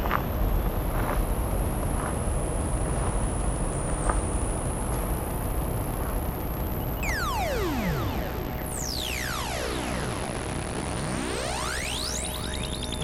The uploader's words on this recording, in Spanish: Experimental octaphonic composition made with soundscapes of different elements of Nature combined with the sound produced by two synthesizers - RSF KOBOL & MODULAR NORD G2 - provided by the Phonos Foundation (UPF). The field recordings of this piece were made in different cities around the world. Paisajes sonoros de diferentes elementos de la Naturaleza combinados con la sonoridad producida de dos sintetizadores.